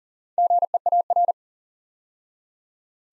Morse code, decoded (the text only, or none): GEAR